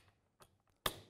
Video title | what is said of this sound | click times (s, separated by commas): X-LOCK: That's how simple the system is | hear an audible click which means that the tool is securely anchored now | 0.9 s